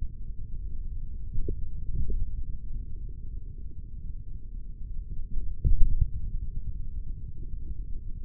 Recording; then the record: forearm muscle sounds (acoustic myography)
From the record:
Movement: index flexion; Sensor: system 3, bracelet of six PUI Audio POM-2738L microphones around the upper forearm, with dedicated amplification and filtering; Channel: 2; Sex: male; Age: 56 years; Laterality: right